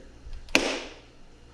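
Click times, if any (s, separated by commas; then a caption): 0.5 s. A boat hatch lid is pressed further down so its latch engages the second, fully locking stage. A couple of faint taps lead into a sharp click at 0.6 s that rings out and fades over the next half second. The latch is seated and locked.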